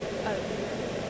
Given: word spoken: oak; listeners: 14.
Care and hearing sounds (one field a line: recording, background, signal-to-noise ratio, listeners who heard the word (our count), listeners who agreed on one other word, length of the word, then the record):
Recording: one English word in noise, from a listening test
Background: speech-shaped noise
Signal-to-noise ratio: -5.8 dB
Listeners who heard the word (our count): 5 of 14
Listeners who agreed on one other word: 7 of 14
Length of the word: 0.70 s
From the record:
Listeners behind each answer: 7, 5, 1, 1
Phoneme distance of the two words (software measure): 10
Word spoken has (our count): 1 syllable, 2 phonemes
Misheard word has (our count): 1 syllable, 2 phonemes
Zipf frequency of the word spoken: 4.23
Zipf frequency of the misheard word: 5.72